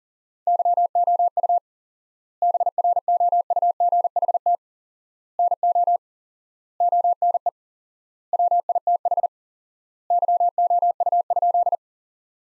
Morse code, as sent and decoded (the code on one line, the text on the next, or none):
-.-- --- ..- / -... .-. --- ..- --. .... - / -. --- / --- -. . / .-- .. - .... / -.-- --- ..- ..--..
YOU BROUGHT NO ONE WITH YOU?